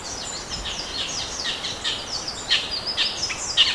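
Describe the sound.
Bird twittering, scattered short high chirps and slurred notes at uneven intervals, a few sharper ones near the end, against continuous background hiss.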